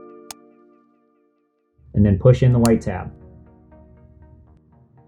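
A motor cable plug is pushed back into the controller socket of a Onewheel +XR electric one-wheel board, giving a sharp, short click at 0.3 s over background music. Someone then talks, and the connector is seated.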